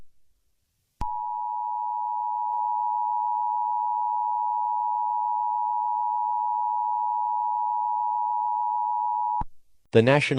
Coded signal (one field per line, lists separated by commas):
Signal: Emergency Alert System (SAME) tones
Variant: 853 and 960 Hz attention tone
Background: speech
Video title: EAS Mockup #1